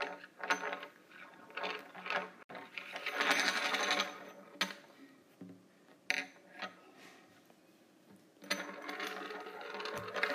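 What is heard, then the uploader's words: Metal straws are handled, clinking and rattling against each other in short bright taps and scrapes. Bursts of dense metallic jangling come around the third and ninth seconds, with quieter single clicks and rubbing sounds between them. ASMR Using Metal Straws.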